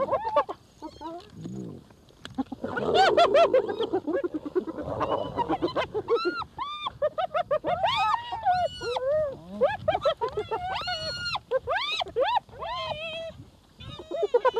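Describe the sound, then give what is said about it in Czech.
Spotted hyenas at a wildebeest kill squeal and giggle, a rapid chorus of high, wavering yelps and rising whoops that overlap in bursts, then break into repeated choppy, laughing cackles that keep going. “Kvičení znamená krajní strach a ochotu podvolit se. Pochechtávání značí ústup, smích útěk.”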